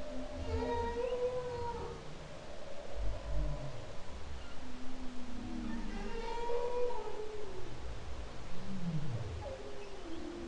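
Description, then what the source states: Humpback whale song, layered wavering cries in the mid range and low moans, with a deep swooping groan near the end, over steady underwater rumble. Song, October 2012.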